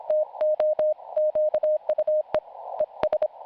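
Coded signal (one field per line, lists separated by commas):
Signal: Morse code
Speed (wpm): 25 wpm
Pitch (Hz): 610 Hz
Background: none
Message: TO QUE ES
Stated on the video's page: CW QSO at a calm speed with carefully formed words, received on an SDR.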